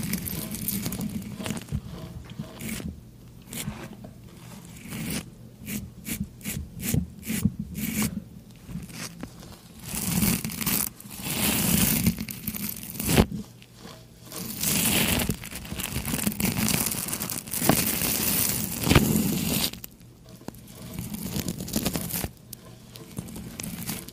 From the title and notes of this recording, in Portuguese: BARBEARIA REALISTA FAZENDO A SUA BARBA! ASMR de encenação fazendo a sua barba em primeira pessoa de forma realista.